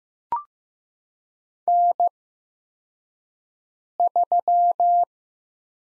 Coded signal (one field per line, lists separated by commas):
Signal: Morse code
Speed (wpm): 15 wpm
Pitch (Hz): 700 Hz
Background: none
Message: N3